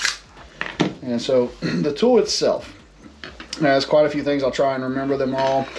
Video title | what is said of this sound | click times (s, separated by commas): Is This the Ultimate Prepper Wallet? Dango M1 Maverick Tested and Reviewed | you just slide it down and then it pops right in there so pretty easy in and out for the tool | 0.6 s